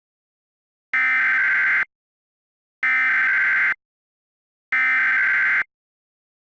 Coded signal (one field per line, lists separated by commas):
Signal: Emergency Alert System (SAME) tones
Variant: header bursts